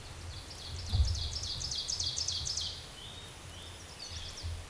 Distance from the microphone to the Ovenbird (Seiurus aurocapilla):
about 30 m